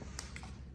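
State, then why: Seated. The small plastic clips on the plastic seat piece of an IKEA Addy chair are pressed onto the chair frame. Two sharp clicks are heard at 0.2 s and 0.4 s. The seat clips snap onto the frame and are seated.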